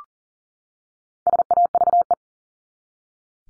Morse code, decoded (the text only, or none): SAVE